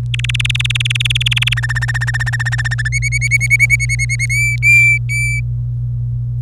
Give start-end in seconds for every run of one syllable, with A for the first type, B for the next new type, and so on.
0.14-1.54 A, 1.57-2.88 B, 2.92-4.26 C, 4.30-5.40 D